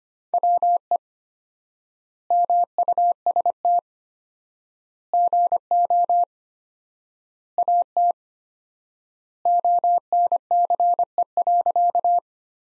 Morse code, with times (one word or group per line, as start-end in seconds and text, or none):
0.3-1.0 WE
2.3-3.8 MUST
5.1-6.2 GO
7.6-8.1 AT
9.5-12.2 ONCE.